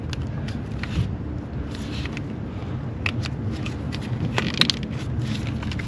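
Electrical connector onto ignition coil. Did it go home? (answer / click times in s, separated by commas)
yes / 3.1 s, 4.6 s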